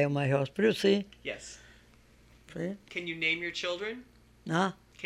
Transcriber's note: none